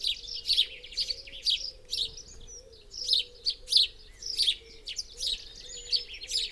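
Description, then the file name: House sparrow chirps, a dense run of bright chips in irregular bursts, with a faint low hum underneath. "Passer domesticus"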